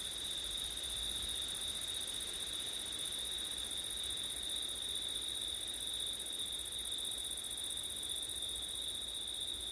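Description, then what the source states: Crickets chirr in a dense, level chorus, the thin high trill running evenly from start to finish. Crickets singing on a September night, with wind; recorded with ortif setup.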